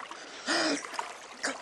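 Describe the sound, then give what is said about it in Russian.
Choppy splashing of a young man floundering in cold grey sea water after resurfacing, a loud churning burst followed by smaller slaps and a second short surge, with no voices. “Вынырнул, барахтается.”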